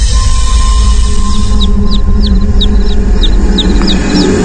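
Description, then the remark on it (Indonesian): Baby chicks peep repeatedly in quick, high-pitched, slightly downward chirps, starting after a brief pause and continuing steadily over a constant low droning hum. “Aku mendengar suara anak ayam.”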